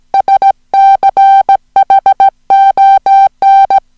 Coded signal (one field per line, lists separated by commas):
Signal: Morse code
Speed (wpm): 16 wpm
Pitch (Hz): 780 Hz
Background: music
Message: SCHON